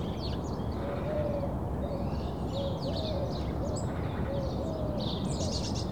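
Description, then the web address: Birds chirping high and quickly while a soft low cooing note repeats several times beneath them, all over a constant rumble. Suburban birds in early morning. "BBC Sound Effects Library - Suburbia Early Morning Suburban Birds"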